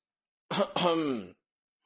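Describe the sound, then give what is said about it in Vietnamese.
An old man gives a light, two-part throat clearing: a short rough burst, then a longer, voiced, gravelly rumble, heard alone against silence. “lão nhân ho nhẹ một tiếng, ra vẻ nghiêm túc nói với triều địa”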